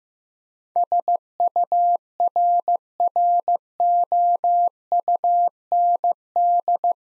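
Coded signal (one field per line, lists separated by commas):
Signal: Morse code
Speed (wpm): 15 wpm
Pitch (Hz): 700 Hz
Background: none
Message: SURROUND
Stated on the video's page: Morse practice drill of difficult words at 15 wpm, with contextual hints.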